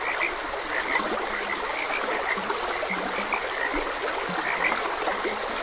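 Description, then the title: Frogs chirping in a busy chorus, joined by several low, drawn-out croaks, all over a steady babbling stream. Frogs croaking beside a gentle stream. "Gentle Stream and Frogs Croaking"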